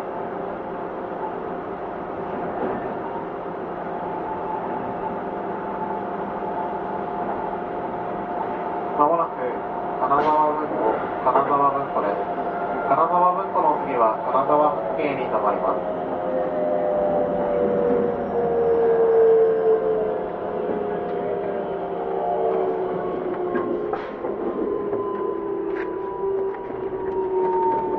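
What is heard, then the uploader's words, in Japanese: Keikyu 2100 series train ride with a steady low rumble and motor whine, a voice speaking around ten to sixteen seconds, then a rising-falling motor tone. 京急2100形 横浜〜三崎口。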